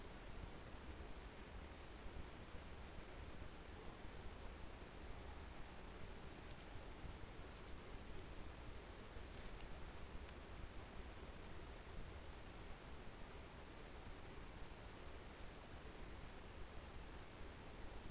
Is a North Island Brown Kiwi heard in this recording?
no